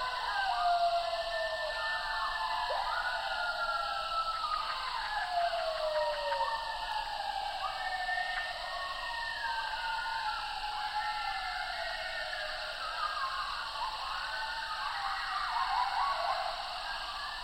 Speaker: But then a coyote howls in the distance, and I'm gently drawn back into the magic of the night.